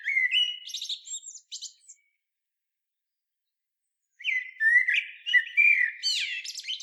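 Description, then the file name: Common blackbird song: a low fluted warble rising into a high squeaky twitter, then a pause of about two seconds before a second, fuller warbled phrase. "Turdus merula"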